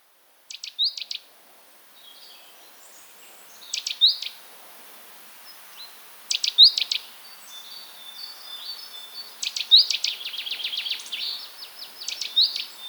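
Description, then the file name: Great tit calling: clusters of sharp, buzzy notes with bright chip notes every few seconds, then a fast churring rattle, with faint high chirps between. "Parus major"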